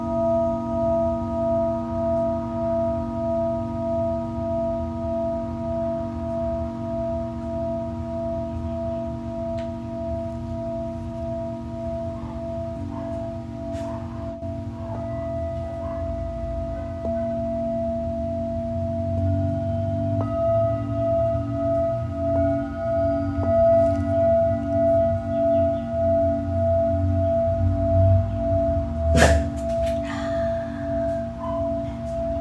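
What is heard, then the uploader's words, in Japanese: A Tibetan singing bowl hums continuously, its steady ringing tones layered low and mid with a slow, even pulsing waver throughout. Around twenty seconds a fresh tone joins, and near twenty-nine seconds a brief sharp knock or strike cuts through. A soft low rumble sits underneath. 夜のシンギングボウルのサウンドヒーリング。チベタンシンギングボウル。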